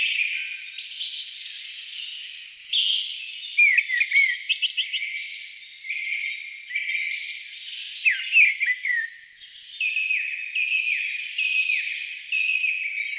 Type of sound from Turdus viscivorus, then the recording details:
song. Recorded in the wild. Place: Freiburg im Breisgau / Im Vogelsang, Baden-Württemberg, DE. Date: 1988-04-03. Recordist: Schwarz, Dieter